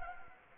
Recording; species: mosquito wingbeat signal from an infrared sensor; Anopheles gambiae